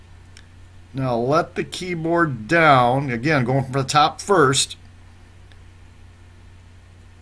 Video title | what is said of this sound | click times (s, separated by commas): Change the Keyboard on A Dell Latitude E6440 Laptop | down on it and it snaps in place now | 0.4 s